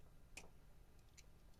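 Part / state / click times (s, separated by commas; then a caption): terminal retaining tab in automotive connector housing / released / 0.4 s. A terminal retaining tab in an automotive connector housing is pushed in, giving one sharp, faint click at 0.4 s as the lock tab releases the terminal. Weaker ticks follow near 1.0 s and 1.2 s over a low steady hum, and the terminal is freed from the housing.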